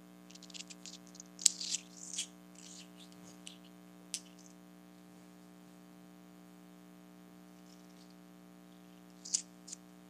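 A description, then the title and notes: Small rocks are tapped and rattled together in quick, bright clicks, clustered in the first two seconds, with a single sharp tap near four seconds and another small burst just after nine. Underneath runs a steady low electrical hum. ASMR Tapping Tiny Rocks Together.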